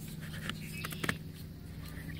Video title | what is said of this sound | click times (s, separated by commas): Answering Your Questions - Promark GPS Shadow Drone Battery Mod | you can see it slides in and snapped in quite nicely alright | 1.1 s